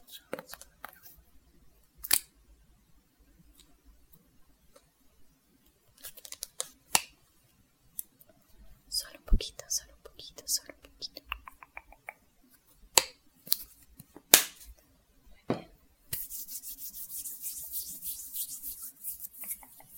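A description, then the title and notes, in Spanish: Scissors snip in scattered sharp clicks and short rubbing cuts, with quiet gaps, ending in a steady bright hiss for the final four seconds. Corte de cabello. Muchos sonido de tijeras.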